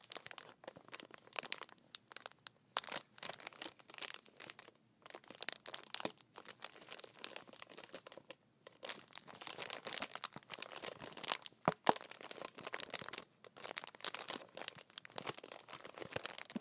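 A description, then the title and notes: A plastic water bottle wrapper crinkles and crackles in dense bursts broken by brief silent pauses. ASMR Water Bottle Wrapper.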